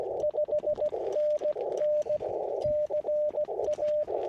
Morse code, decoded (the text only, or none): 5NN CA